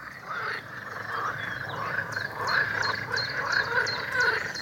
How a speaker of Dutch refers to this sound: Dit is de meer gangbare groene kikker. En het zijn er een heleboel.